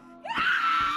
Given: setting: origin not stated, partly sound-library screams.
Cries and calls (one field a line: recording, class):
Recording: one-second piece from a danger detection set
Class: woman in danger